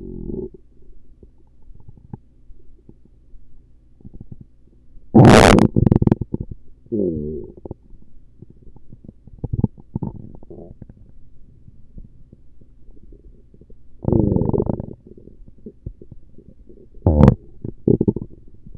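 Irregular low gurgles and rumbles come in bursts, with a few sharp louder squelches around 5, 14 and 17 seconds over a quiet background. These are ordinary stomach and bowel sounds in an adult, the gurgling of gas and fluid moving through the gut.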